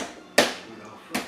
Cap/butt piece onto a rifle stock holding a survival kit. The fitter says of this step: it directly on and it should snap right into place go go